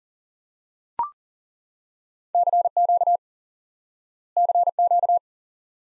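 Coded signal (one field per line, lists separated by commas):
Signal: Morse code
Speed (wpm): 37 wpm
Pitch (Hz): 700 Hz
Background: none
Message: CQ CQ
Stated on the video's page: Morse lesson teaching the QSO element 599 by instant word recognition.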